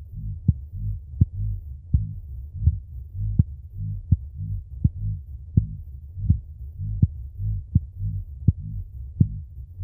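Heartbeat sound: a steady, low-pitched thumping at about 82 beats per minute over a low hum.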